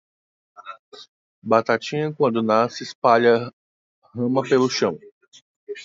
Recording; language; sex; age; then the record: short text; Brazilian Portuguese; male; 30 to 39 years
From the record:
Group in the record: control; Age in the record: 39 years